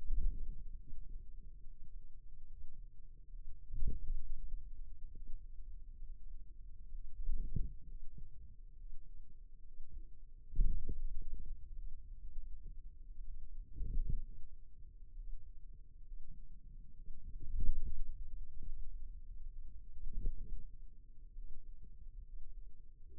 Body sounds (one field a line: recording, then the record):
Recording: forearm muscle sounds (acoustic myography)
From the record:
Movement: wrist extension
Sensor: system 2, bracelet of six BSWA MPA416 microphones around the upper forearm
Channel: 6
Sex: male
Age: 22 years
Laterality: right